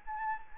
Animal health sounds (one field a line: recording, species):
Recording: mosquito wingbeat signal from an infrared sensor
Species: Anopheles gambiae